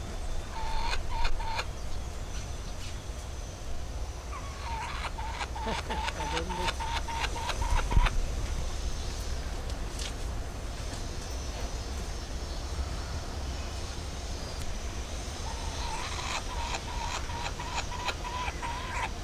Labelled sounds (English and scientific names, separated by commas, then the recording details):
Laughing Kookaburra (Dacelo novaeguineae) call
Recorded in captivity
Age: adult
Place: Zoo Berlin, Berlin, DE
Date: 1997-08-28 10:12
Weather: 22-28°C, sonnig
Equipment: Sony MD-WM MZ-R3, Sennheiser ME 80, K 30 AV, Kopie Uher 4000 Report Monitor
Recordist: Tembrock, Günter